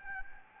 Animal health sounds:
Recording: mosquito wingbeat signal from an infrared sensor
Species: Anopheles gambiae

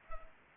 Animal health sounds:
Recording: mosquito wingbeat signal from an infrared sensor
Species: Culex pipiens

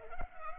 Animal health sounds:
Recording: mosquito wingbeat signal from an infrared sensor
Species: Culex pipiens

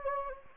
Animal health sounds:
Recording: mosquito wingbeat signal from an infrared sensor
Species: Anopheles gambiae

